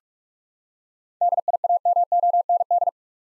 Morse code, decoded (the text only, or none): DIAMOND